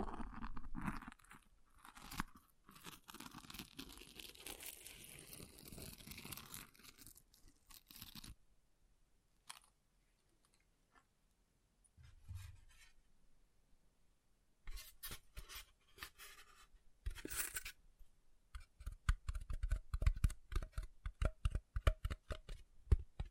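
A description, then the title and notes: An object scratches against a surface in irregular bursts of dry, crunchy scraping, dense for the first eight seconds. A near-silent stretch follows, broken only by a few faint ticks, then the rough scratching returns from about fifteen seconds in rapid, uneven strokes until the end. ASMR Brain Melting Object Scratching (No Talking).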